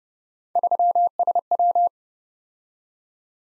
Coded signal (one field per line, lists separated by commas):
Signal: Morse code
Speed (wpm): 30 wpm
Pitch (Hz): 700 Hz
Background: none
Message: 3SW